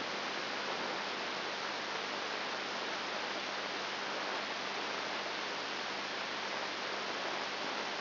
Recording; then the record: brain microelectrode recording played as sound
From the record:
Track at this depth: outside the subthalamic nucleus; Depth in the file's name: 0.308 mm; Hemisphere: left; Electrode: 3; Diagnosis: Parkinson's disease